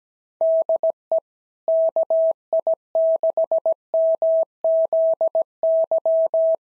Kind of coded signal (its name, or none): Morse code